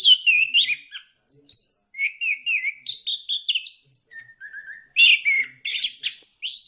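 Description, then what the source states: Bird singing a lively jumble of whistled slurs, chips and rattling notes that follow each other almost without a break. Bird chirping song played for training and mastering pet birds.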